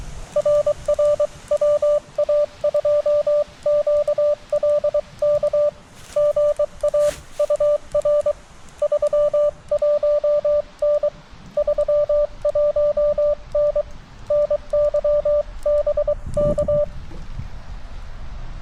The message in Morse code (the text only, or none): RR WA2QLK GA UR 31N 31N NY BK